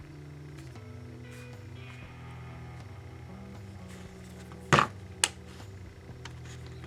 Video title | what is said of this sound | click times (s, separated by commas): iPhone Battery change. Is it as easy as the ads say it is? What could go wrong, and yes, it did! | it clicks in place | 4.7 s, 5.2 s